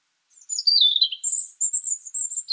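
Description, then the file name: European robin song: a thin, very high phrase sliding downward, then a long high trill of sibilant notes. "Erithacus rubecula"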